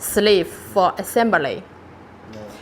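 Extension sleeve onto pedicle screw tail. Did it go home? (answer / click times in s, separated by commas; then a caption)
no / none. A minimally invasive extension sleeve is being handled and lined up with the marking on the tail of a pedicle screw from a 5.5 posterior lumbar minimally invasive screw system, while someone talks. Nothing has seated or clicked yet; the sleeve is not yet home on the screw tail and its side spring clips have not reset.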